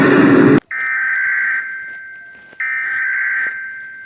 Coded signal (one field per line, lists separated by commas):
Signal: Emergency Alert System (SAME) tones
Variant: header bursts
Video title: Rating loud eas alarms part 2